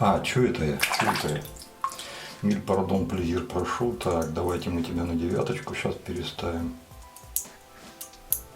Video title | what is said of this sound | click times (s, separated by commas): Gillette Slim, Meissner-Tremonia, MUEHLE ROCCA, COMME ILFAUT | Переходит с явно выраженным щелчком. | 7.4 s, 8.3 s